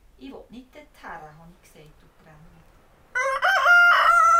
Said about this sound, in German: Der Hahn kräht vergeblich.